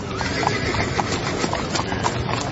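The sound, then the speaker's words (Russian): Horse hooves gallop hard along a dark street, a rapid, steady run of sharp clip-clop strikes over a dense, noisy background, loud and continuous throughout with no voices. “По темной улице бешено налетели конские копыта.”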